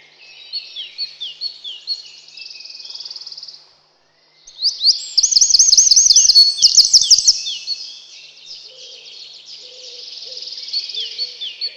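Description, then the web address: Eurasian wren song, high twittering phrases, a short silence, then a loud fast trilled burst followed by quieter chatter. "relax birds крапивник"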